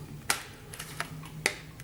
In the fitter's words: donc normalement si vous avez bien fait le travail tout s'enclenche bien voyez voilà